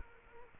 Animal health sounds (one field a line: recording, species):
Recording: mosquito wingbeat signal from an infrared sensor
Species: Culex quinquefasciatus